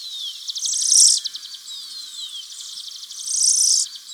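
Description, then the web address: Ash-breasted sierra finch calling with two high buzzy bursts, the first preceded by rapid ticking notes, and thin descending whistled notes between them. Recorded in Ecuador. "Birds of Ecuador. ASh-breasted Sierra-Finch"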